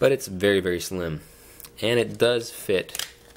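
A slim plastic phone case is being handled onto a Nexus 6 smartphone while someone talks, with faint handling noise between the words. The case has not snapped on yet, and nothing has seated or clicked by the end of the clip.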